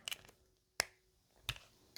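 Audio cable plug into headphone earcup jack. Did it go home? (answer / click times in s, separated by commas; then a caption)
yes / 0.8 s. An audio cable plug is pushed into the headphone jack on the earcup of a pair of V-MODA M-100 headphones after 12 years of use, on the second insertion. It snaps into place with a sharp click at 0.8 s, among several other short clicks and handling noises. The plug is seated, though the headphones still have a connection issue.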